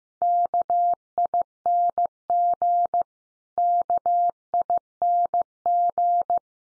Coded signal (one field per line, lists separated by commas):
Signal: Morse code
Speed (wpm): 15 wpm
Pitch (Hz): 700 Hz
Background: none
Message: KING KING